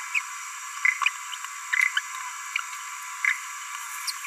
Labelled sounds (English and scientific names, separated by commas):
Green-rumped Parrotlet (Forpus passerinus) babbling